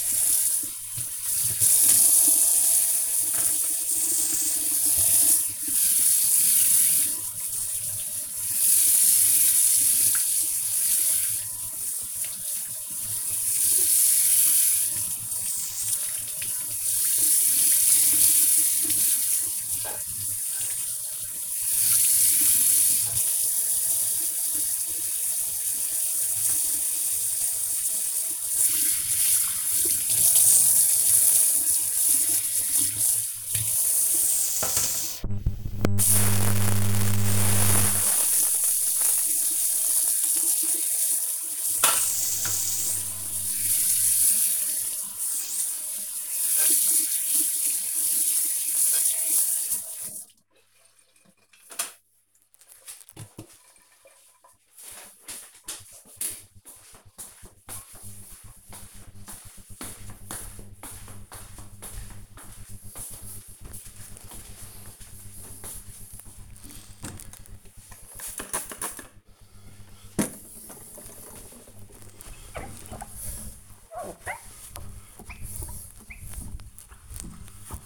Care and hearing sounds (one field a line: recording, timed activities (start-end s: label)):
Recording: household activities, microphone on the right wrist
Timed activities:
0.00-50.54 s: washing dishes
66.67-77.86 s: window cleaning